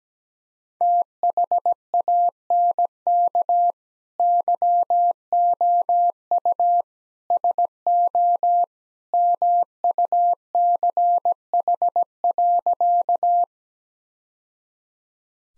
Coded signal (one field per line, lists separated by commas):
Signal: Morse code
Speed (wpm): 17 wpm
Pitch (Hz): 700 Hz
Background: none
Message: THANK YOU SO MUCH.